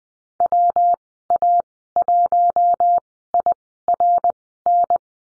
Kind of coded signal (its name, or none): Morse code